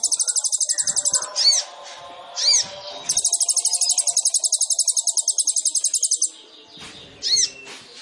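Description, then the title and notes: Sunbird song: two long, very high buzzing trills broken by a few sharp separate notes. Indonesian masteran training song for songbirds; song style described as full isian and tembakan; bird called gacor; intended as pancingan to provoke singing. "MASTERAN KOLIBRI NINJA TERBAIK FULL ISIAN DAN TEMBAKAN MEWAH COCOK BUAT PANCINGAN. Suara Burung Kolibri Ninja Gacor"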